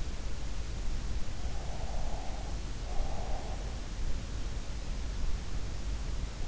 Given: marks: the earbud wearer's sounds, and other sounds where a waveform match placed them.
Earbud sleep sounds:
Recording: sounds in sleep by an in-ear microphone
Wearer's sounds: breath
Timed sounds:
1.73-3.53 s: breath

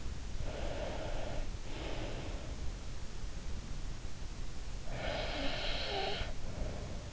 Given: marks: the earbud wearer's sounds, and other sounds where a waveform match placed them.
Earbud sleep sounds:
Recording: sounds in sleep by an in-ear microphone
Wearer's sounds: breath, snoring breath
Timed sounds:
0.29-2.71 s: breath
4.80-7.12 s: snoring breath

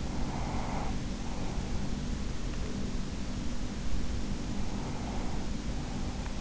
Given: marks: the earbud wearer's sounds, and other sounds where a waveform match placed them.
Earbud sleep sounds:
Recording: sounds in sleep by an in-ear microphone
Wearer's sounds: breath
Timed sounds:
0.05-2.15 s: breath
4.45-6.41 s: breath

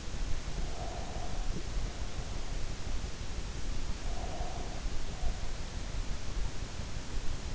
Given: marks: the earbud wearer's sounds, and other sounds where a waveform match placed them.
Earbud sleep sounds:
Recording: sounds in sleep by an in-ear microphone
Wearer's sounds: breath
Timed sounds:
0.68-2.69 s: breath
3.99-5.94 s: breath

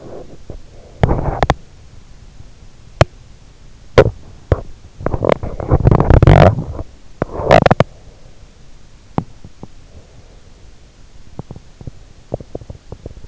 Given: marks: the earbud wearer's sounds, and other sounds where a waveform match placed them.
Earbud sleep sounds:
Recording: sounds in sleep by an in-ear microphone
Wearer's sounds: teeth grinding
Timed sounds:
0.00-13.28 s: teeth grinding

